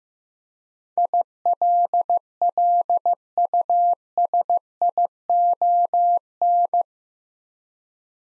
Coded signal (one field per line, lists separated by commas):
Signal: Morse code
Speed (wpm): 16 wpm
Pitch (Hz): 700 Hz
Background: none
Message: ILLUSION